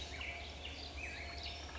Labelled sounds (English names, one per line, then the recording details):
Black-headed Grosbeak
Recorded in Sonoma County, California